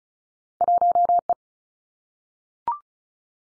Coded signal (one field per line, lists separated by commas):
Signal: Morse code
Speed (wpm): 36 wpm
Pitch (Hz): 700 Hz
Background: none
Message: 1 E